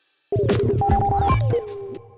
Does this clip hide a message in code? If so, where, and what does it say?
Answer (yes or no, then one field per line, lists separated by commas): no